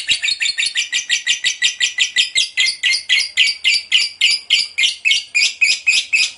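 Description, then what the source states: Lovebird chattering in a long, steady stream of rapid, harsh high notes, loud and even throughout. Ngekek panjang, long continuous chatter, described as gacor, very vocal.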